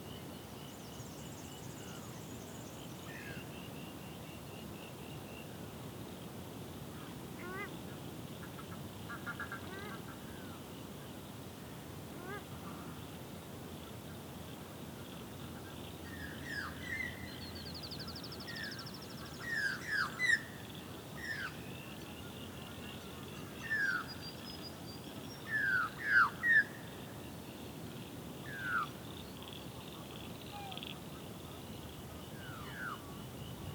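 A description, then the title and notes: Dusk at a swamp: scattered bird chirps and short whistles over a steady high hum and a low rumble. Calls thicken after the midpoint, with a few loud notes clustered near twenty seconds and again around twenty-five. The dusk chorus at our local swamp on Phillip Island. Starts with the last birds of the day before the frogs start up for the night. You can hear the waves crashing on the surf beach not too far away. Recorded in Spring 2021.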